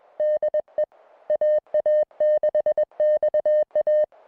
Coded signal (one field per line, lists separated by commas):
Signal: Morse code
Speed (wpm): 21 wpm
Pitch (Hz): 610 Hz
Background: music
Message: DE AA6XA